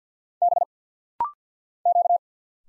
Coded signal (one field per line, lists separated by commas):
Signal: Morse code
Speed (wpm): 50 wpm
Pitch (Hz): 700 Hz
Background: none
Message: B Q